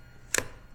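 A stiff retaining clip on a G2 underwater glider hull section, which needs oil, is pushed open to undo it. A sharp click sounds at 0.4 s, followed by a brief rattle, and the latch releases.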